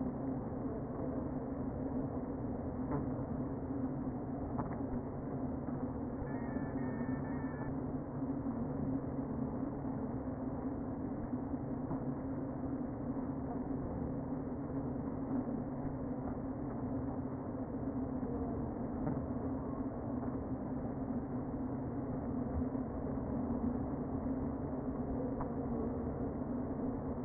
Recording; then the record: honeybee colony, microphone inside the hive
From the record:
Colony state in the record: queen present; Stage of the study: before two queens were removed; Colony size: about 60,000 bees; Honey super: yes